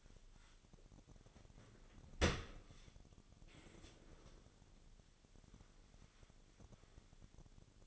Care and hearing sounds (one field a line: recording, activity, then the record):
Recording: daily activity, microphone in the room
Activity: open dishwasher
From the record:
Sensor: 4